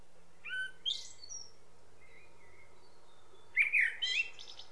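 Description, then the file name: Common blackbird song with low whistled notes and a high scratchy flourish, a quiet gap, then a louder phrase of squeaky twittering notes. "Turdus merula"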